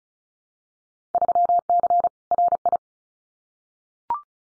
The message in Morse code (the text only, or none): 3C RI